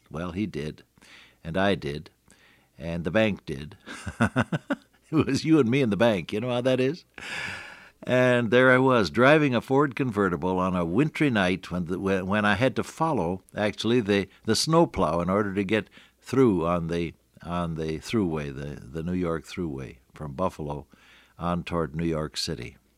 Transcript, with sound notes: Well, he did, and I did, and the bank did. [laughter] It was you, and me, and the bank, you know how that is? And there I was, driving a Ford convertible on a wintry night, when I had to follow, actually, the snowplow, in order to get through on the Thruway, the New York Thruway, from Buffalo on toward New York City.